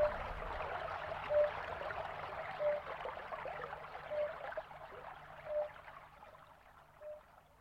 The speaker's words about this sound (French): La rivière au matin, brume légère sur l'eau.